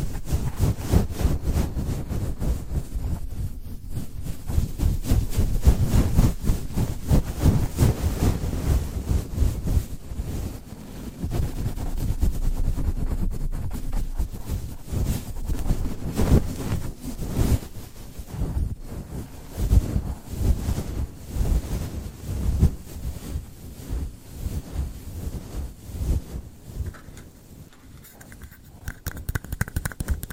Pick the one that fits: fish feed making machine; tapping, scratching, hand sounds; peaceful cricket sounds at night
tapping, scratching, hand sounds